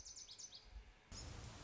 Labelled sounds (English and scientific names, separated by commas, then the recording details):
Lazuli Bunting (Passerina amoena)
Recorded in Sonoma County, California